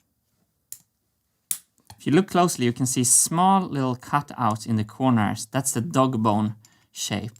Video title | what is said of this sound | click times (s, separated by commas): 1st Birthday Party Part 8 | it clicks into place if | 1.5 s